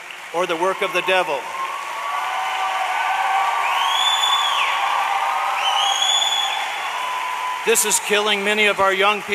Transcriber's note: growing applause